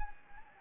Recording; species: mosquito wingbeat signal from an infrared sensor; Anopheles gambiae